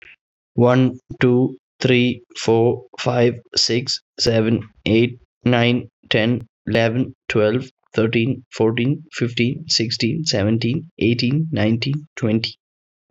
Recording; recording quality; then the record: counting at a normal pace; excellent, no background noise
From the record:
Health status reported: COVID-19 positive, moderate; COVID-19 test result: positive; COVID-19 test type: RT-PCR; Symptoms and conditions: cough, cold, sore throat, fever, fatigue, muscle pain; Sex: male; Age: 25 years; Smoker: no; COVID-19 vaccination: both doses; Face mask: not worn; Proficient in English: yes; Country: India